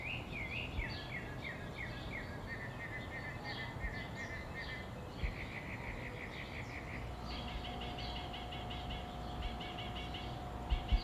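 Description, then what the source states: Birds singing together at dawn, a dense mix of chirping and trilled phrases from several callers, with constant low background rumble and a faint steady tone in the second half. Dawn bird chorus in summer, Phoenix, Arizona.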